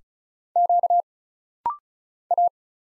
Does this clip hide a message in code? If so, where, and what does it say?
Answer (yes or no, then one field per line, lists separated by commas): yes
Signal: Morse code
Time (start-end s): 0.6-2.5 s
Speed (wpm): 36 wpm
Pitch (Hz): 700 Hz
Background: none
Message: Q A